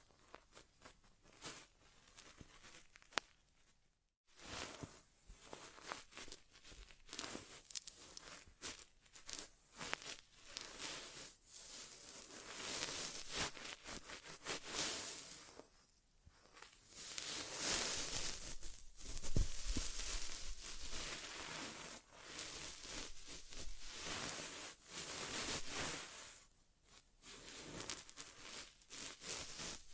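Dense, bright rustling and crinkling scratches close over the ear, swelling and fading in waves, with a brief silent break near four seconds.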